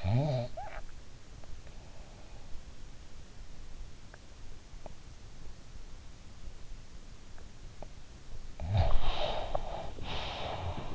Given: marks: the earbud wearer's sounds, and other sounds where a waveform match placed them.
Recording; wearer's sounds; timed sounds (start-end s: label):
sounds in sleep by an in-ear microphone; snoring breath
0.00-1.01 s: snoring breath
8.56-10.95 s: snoring breath